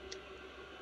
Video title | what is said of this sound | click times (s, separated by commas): BSA "Sportsman Five" .22lr Discussion and Teardown | And there's a slight cut on the firing pin. And there's a slight cut into the handle. and you'll hear them click in. | 0.1 s